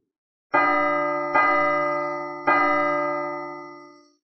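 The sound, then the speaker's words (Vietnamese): A deep, majestic bell tolls three times from afar, each strike ringing out with rich overtones and a long, shimmering decay that overlaps the next before fading away, heard clearly throughout the whole city. “Vào thời khắc này, từng tiếng chuông hùng vĩ từ đằng xa truyền đến, vang vọng giữa không trung, toàn bộ Tu La Thành đều nghe thấy rõ ràng, chấn nhiếp nhân tâm.”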